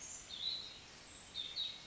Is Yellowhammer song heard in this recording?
no